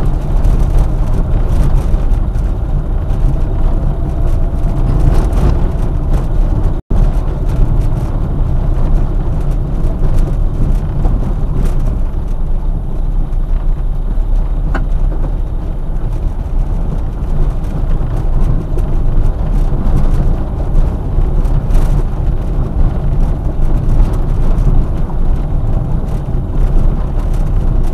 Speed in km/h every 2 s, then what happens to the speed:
27, 28, 26, 24, 18, 15, 17, 19, 21, 22, 22, 22, 22, 23.
0-7 steady at about 26. 7-10 slows to 15. 10-18 speeds up to 22. 18-28 steady at about 22.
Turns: none.